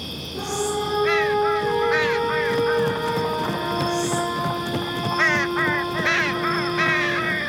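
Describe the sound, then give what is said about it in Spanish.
A large bird gives repeated harsh, harmonic calls in short bursts, rising and falling in pitch, over a steady sustained drone and a low rumbling background. “sueña con un gran pájaro que vuela.”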